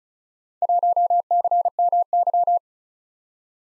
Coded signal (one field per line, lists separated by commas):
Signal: Morse code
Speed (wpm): 36 wpm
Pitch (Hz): 700 Hz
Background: none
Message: 1CMY